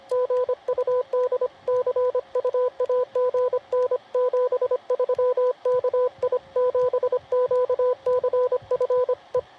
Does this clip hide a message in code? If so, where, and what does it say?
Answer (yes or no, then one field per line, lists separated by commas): yes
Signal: Morse code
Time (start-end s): 0.1-9.4 s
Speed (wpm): 26 wpm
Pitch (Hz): 500 Hz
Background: radio noise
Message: GUD CU AGN 73 KI7QCF E